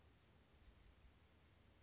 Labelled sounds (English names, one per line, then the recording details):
Chestnut-backed Chickadee
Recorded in Sonoma County, California